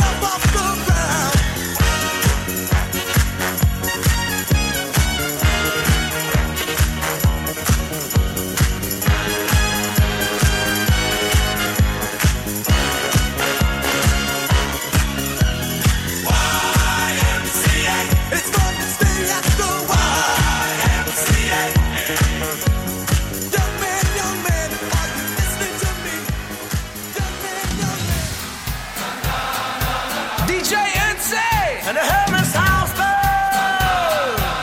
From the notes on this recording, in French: une soirée de vendredi vraiment sympa au bowling st savin